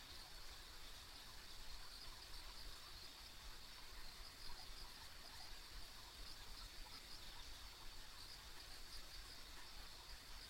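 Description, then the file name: Insects calling together in a continuous high drone that never stops, set against a quiet low-pitched outdoor hum. Ambient insect sounds recorded on a country road. "田舎道の虫の環境音"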